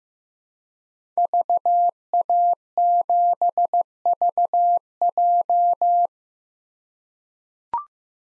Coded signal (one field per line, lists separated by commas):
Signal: Morse code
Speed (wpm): 15 wpm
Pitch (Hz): 700 Hz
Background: none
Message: VA7VJ